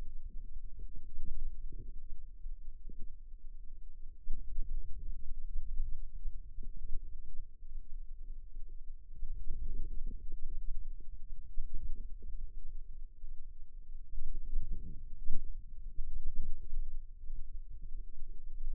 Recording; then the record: forearm muscle sounds (acoustic myography)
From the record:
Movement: ulnar deviation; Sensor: system 2, bracelet of six BSWA MPA416 microphones around the upper forearm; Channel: 2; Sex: female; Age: 22 years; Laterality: right